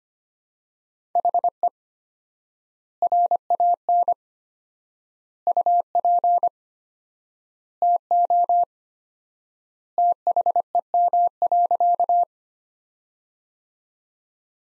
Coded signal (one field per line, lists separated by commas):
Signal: Morse code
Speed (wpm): 25 wpm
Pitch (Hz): 700 Hz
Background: none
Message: HE RAN UP TO THEM.